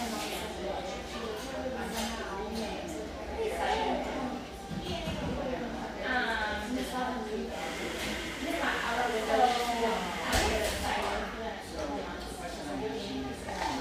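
A humming café near the beach just north of San Diego, full of overlapping voices talking at once in a steady, dense murmur. Individual speakers rise out of the chatter now and then, with a brief clatter near ten seconds.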